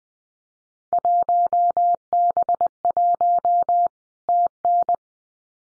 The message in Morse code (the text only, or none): 1B1 TN